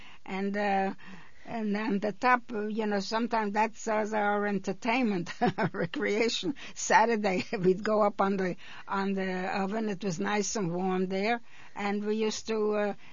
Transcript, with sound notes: And, and on the top, you know, sometimes that was our entertainment, our recreation. (she laughs) Saturday we'd go up on the, on the oven. It was nice and warm there, and we used to